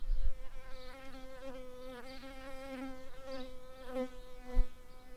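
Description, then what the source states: Shrill carder bee buzzing, a steady droning hum with a rich harmonic tone that wavers slightly in pitch throughout, with a few low thumps. Worker bees.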